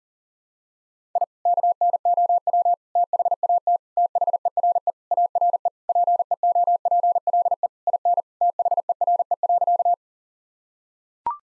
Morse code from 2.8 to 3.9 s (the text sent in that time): THAT